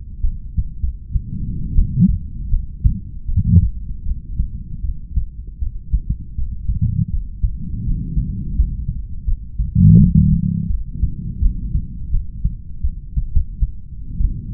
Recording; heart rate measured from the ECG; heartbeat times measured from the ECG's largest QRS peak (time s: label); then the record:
heart sounds by stethoscope; 82 bpm
0.23 s: heartbeat
0.81 s: heartbeat
1.75 s: heartbeat
2.51 s: heartbeat
3.28 s: heartbeat
4.05 s: heartbeat
4.82 s: heartbeat
5.60 s: heartbeat
6.36 s: heartbeat
7.11 s: heartbeat
7.85 s: heartbeat
8.56 s: heartbeat
9.26 s: heartbeat
9.97 s: heartbeat
10.68 s: heartbeat
11.41 s: heartbeat
12.12 s: heartbeat
12.82 s: heartbeat
13.32 s: heartbeat
14.19 s: heartbeat
From the record:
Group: heart failure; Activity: rest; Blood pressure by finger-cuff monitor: 97/57 mmHg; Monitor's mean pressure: 72 mmHg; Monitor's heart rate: 80 bpm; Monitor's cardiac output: 8.2 L/min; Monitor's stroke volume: 105 mL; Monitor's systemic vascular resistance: 620 dyn s/cm5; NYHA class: 1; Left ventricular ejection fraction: 39%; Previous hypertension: present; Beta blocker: carvedilol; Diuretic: furosemide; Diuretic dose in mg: 20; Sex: male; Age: 60 years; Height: 178 cm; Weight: 62 kg